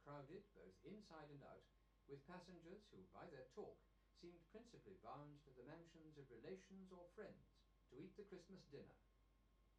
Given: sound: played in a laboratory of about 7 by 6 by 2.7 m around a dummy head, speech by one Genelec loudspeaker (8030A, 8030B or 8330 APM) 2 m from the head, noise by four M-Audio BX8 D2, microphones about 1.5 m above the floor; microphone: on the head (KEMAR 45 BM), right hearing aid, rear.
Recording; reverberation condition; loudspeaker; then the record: male speech in English; low; 90 degrees to the left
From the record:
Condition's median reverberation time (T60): about 310 ms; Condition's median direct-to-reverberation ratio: about 3.5 dB